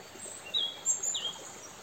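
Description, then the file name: European robin giving a few quick, very high, thin whistled notes, some sliding downward, over a soft hiss. "Erithacus rubecula"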